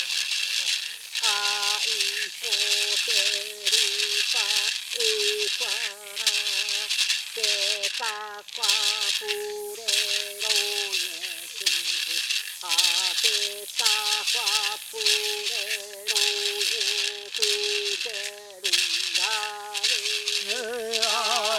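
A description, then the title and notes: A shaman chants in short repeated phrases while shaking a rattle steadily, over a dense, bright, unbroken drone of cicadas throughout. Pai Tavytera in Amambay, Paraguay sings with rattle in cicada forest. Cidada in the background as a Pai Tavytera shaman , part of of Guarani Indians,sings and uses a rattle as instrument.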